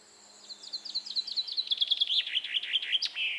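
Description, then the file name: Common chaffinch song: a bright trill of repeated notes that drops in pitch, ending with a quick flourish. "Fringilla coelebs"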